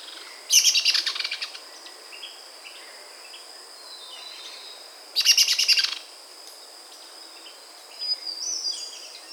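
Dusky myzomela calls: two bursts of rapid, buzzy, high chattering notes, then a softer thin call near the end, over a steady high hiss.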